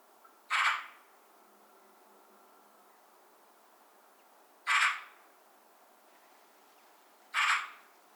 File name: Pica pica